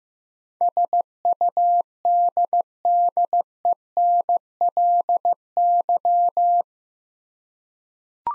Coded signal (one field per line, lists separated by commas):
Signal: Morse code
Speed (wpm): 15 wpm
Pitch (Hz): 700 Hz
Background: none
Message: SUDDENLY